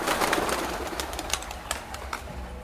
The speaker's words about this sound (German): Durch die geöffnete Glastür fliegt eine Taube hinauf in die Bahnhofshalle. Dreht eine Runde, landet auf einem Sims über den Gästen eines Cafés.